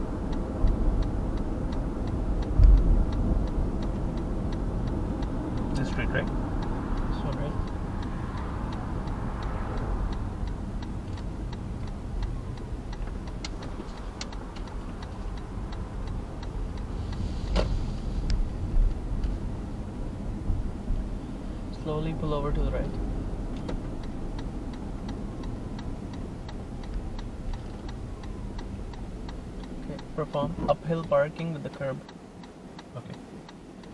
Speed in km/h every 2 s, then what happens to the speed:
41, 38, 36, 29, 22, 17, 10, 8, 14, 19, 22, 26, 26, 20, 12, 0, 0.
0-13 slows to 8. 13-22 speeds up to 26. 24-30 brakes to 0. 30-34 standing.